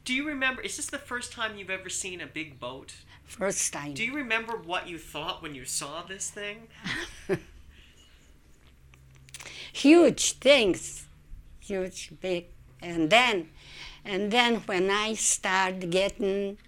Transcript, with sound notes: Do you remember, is this the first time you've ever seen a big boat?
The first time.
Do you remember what you thought when you saw this thing?
( she laughs ) Huge things, huge things. And then, and then when I started getting